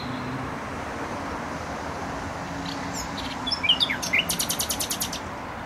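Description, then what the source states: Nightingale: songbird giving a few sharp chirps and then a short fast trill of repeated high notes, partly masked by loud, steady traffic roar. Singing in bushes near a noisy motorway, Trasa Toruńska, Bródno-Podgrodzie, Warsaw, Poland; recorded with an Olympus LS-11.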